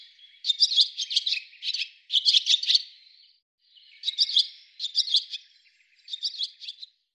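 Bird giving quick runs of sharp, high chirps in dense clusters, separated by short gaps, with a quiet break midway.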